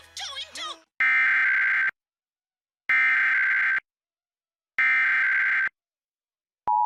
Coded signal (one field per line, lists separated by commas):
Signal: Emergency Alert System (SAME) tones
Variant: header bursts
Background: speech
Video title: 2 Required Monthly Tests on NJ PBS - [EAS #21-22]